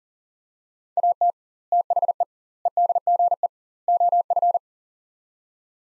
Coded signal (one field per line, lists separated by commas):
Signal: Morse code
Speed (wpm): 40 wpm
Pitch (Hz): 700 Hz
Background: none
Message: AT THE EDGE OF